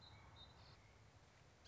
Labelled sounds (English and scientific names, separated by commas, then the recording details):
Song Sparrow (Melospiza melodia)
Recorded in Sonoma County, California